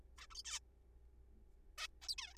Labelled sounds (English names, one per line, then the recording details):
Zebra Finch
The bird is a juvenile
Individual R3428